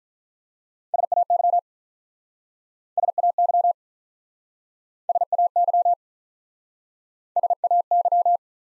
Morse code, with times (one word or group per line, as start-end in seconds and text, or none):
0.9-1.6 SAY
3.0-3.7 SAY
5.1-5.9 SAY
7.4-8.4 SAY